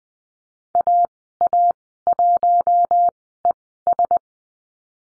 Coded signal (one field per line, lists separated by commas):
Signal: Morse code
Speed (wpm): 20 wpm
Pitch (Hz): 700 Hz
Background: none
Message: AA1ES